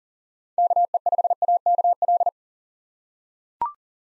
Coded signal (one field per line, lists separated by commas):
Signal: Morse code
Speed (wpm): 40 wpm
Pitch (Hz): 700 Hz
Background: none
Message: KE5AKL